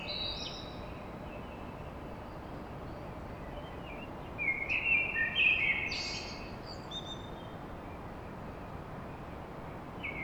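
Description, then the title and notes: Common blackbird song: a short fluty phrase with a squeaky high flourish, otherwise constant broad background noise. Recorded at dawn in Paris. "Blackbird Poetry At Paris On. Enregistrement d'un chant de merle à l'aube dans Paris"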